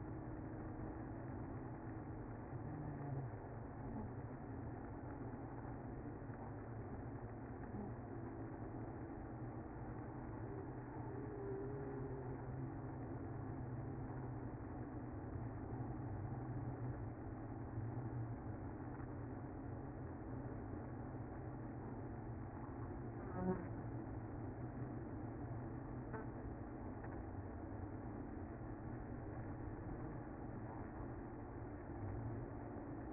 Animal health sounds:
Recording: honeybee colony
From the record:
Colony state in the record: active

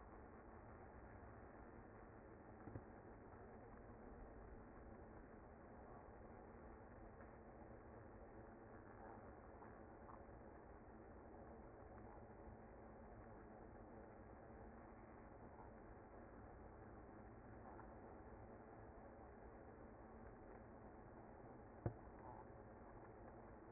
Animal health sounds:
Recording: honeybee colony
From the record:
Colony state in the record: active

